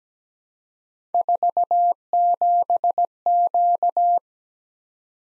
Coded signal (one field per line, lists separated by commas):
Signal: Morse code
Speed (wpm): 17 wpm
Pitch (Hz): 700 Hz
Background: none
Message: 47Q